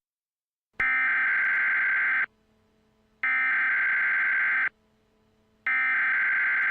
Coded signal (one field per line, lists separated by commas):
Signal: Emergency Alert System (SAME) tones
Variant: header bursts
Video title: EAS Alerts from August 21, 2017 (EAS #200-202)